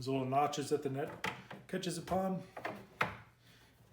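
Someone talks while the debris net of an Aquascape Classic Series koi pond skimmer is set back into the skimmer box, where little notches hold it in place. A short knock is heard at 3.0 seconds as the net drops onto the notches and seats.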